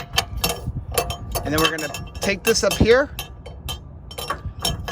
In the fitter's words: going to come over go up and then it locks in place just like that